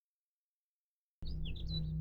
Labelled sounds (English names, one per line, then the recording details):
House Finch song
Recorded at Hewlett Harbor on Long Island, New York, on 10 June 1975
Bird D